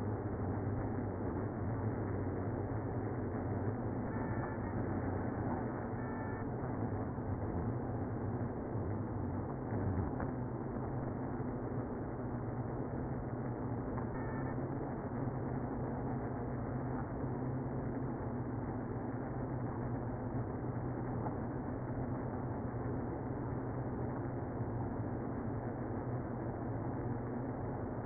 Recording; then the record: honeybee colony, microphone inside the hive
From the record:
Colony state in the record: queenless (queen removed); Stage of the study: after two queens were removed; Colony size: about 60,000 bees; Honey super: yes